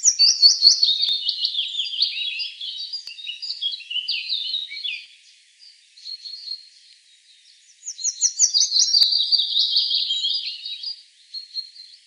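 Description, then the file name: Willow warbler song: two separate descending, liquid phrases of about five and three seconds, with a quiet gap between them. Recorded on 24 April 2013. "24 04 2013 Fitis"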